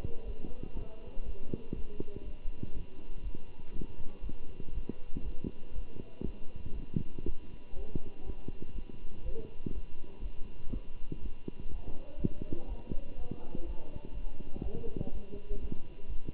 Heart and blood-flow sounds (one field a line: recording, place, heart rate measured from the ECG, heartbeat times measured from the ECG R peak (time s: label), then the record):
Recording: heart sounds by stethoscope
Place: between the tricuspid and mitral areas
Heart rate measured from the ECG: 121 bpm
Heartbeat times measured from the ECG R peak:
0.25 s: heartbeat
0.74 s: heartbeat
1.24 s: heartbeat
1.74 s: heartbeat
2.23 s: heartbeat
2.73 s: heartbeat
3.23 s: heartbeat
3.73 s: heartbeat
4.22 s: heartbeat
4.73 s: heartbeat
5.23 s: heartbeat
5.74 s: heartbeat
6.24 s: heartbeat
6.73 s: heartbeat
7.24 s: heartbeat
7.74 s: heartbeat
8.25 s: heartbeat
8.74 s: heartbeat
9.24 s: heartbeat
9.73 s: heartbeat
10.21 s: heartbeat
10.71 s: heartbeat
11.21 s: heartbeat
11.70 s: heartbeat
12.18 s: heartbeat
12.67 s: heartbeat
13.16 s: heartbeat
13.65 s: heartbeat
14.13 s: heartbeat
14.62 s: heartbeat
15.11 s: heartbeat
15.60 s: heartbeat
16.08 s: heartbeat
From the record:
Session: Bruce protocol treadmill stress test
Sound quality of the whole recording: good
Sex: male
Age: 23 years